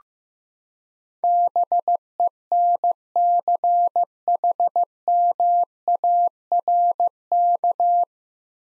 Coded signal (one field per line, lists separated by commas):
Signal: Morse code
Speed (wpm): 15 wpm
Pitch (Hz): 700 Hz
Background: none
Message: BENCHMARK